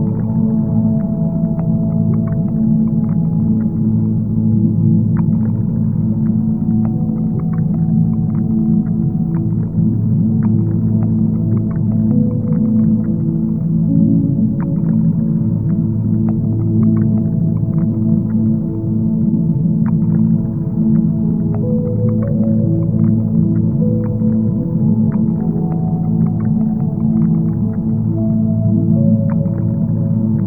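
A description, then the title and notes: Underwater sound, a dense, steady low drone and rumble that fills the whole half minute with almost no change in level. Faint tonal hums waver through the middle, and brief soft clicks and ticks pop up scattered throughout, with nothing bright above. Underwater Exploring.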